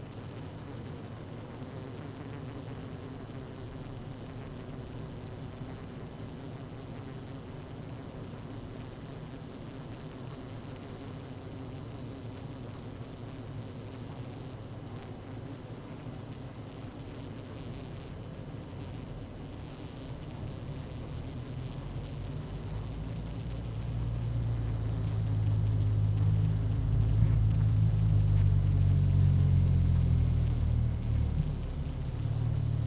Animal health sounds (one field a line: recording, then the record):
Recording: honeybee colony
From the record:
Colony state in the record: active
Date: 12 June 2018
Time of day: 17:09